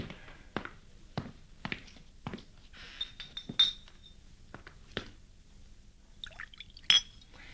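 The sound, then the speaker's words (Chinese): Wine is poured into glasses amid a series of sharp glassy clinks and taps, with a few faint ringing tones and soft liquid sounds between them; no one speaks. “哎， 拿酒来。”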